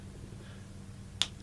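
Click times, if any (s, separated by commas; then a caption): 1.2 s. A refillable plastic pod is pushed into the body of a small Eleaf Elven pod vape. After a quiet stretch with a faint low hum, it snaps home with one sharp, bright click at 1.2 s, and the pod is seated.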